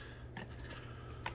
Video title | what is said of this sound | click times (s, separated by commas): Unboxing Aposen Stick Vacuum Model# H120 | connect that in. It should snap. There we go. | 1.3 s